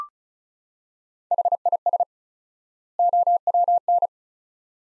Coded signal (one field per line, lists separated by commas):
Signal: Morse code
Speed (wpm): 36 wpm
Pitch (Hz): 700 Hz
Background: none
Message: HIS OWN